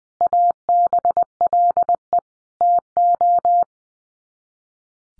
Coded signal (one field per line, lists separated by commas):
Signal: Morse code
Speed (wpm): 20 wpm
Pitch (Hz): 700 Hz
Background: none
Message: ABLE TO